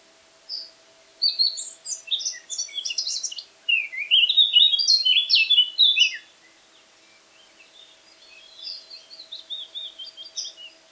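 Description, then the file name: Eurasian blackcap song: one soft note, then a loud, rapid warbled phrase of varied high notes that fades into quieter chattering twitters. "Sylvia atricapilla"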